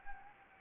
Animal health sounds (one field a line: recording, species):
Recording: mosquito wingbeat signal from an infrared sensor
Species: Anopheles gambiae